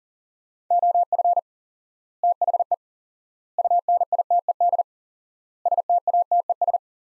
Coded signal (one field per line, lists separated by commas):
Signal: Morse code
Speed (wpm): 40 wpm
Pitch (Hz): 700 Hz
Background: none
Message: OF THE UNITED STATES